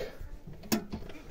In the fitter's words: now you just heard that click now